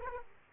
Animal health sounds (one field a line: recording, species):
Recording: mosquito wingbeat signal from an infrared sensor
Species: Aedes aegypti